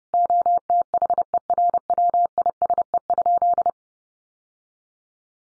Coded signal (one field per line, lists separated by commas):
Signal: Morse code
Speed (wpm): 30 wpm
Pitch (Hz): 700 Hz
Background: none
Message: OTHERWISE?